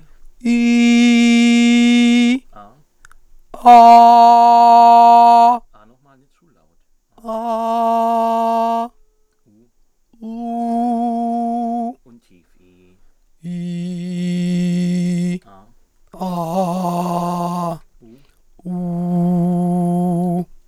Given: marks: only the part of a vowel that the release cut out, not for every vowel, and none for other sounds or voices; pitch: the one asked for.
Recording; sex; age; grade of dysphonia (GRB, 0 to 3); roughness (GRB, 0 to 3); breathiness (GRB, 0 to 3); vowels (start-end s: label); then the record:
sustained vowels; female; 30 to 39 years; 2; 2; 2
0.47-2.35 s: vowel /i/, high pitch
4.06-5.42 s: vowel /a/, high pitch
10.32-11.90 s: vowel /u/, high pitch
13.48-15.36 s: vowel /i/, low pitch
16.21-17.66 s: vowel /a/, low pitch
18.80-20.38 s: vowel /u/, low pitch
From the record:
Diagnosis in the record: hyperfunctional dysphonia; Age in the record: 38 years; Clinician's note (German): Ausgeprägte Gesangsstimme